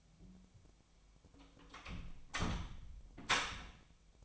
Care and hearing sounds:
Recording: daily activity, microphone in the room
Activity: close door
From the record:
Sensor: 1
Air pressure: 1007.1 hPa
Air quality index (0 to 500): 202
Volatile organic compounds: 21 ppm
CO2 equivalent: 2734 ppm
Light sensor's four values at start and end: 13/33/13/15 and 13/32/13/14

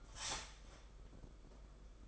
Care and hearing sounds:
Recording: daily activity, microphone in the room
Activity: start toaster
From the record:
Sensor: 5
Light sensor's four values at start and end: 33/110/41/44 and 33/110/41/44

